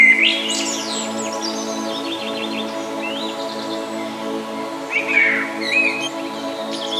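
Birds chirping and whistling in scattered phrases, with a sustained musical hum beneath them.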